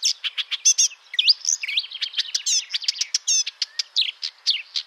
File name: Rousserolle verderolle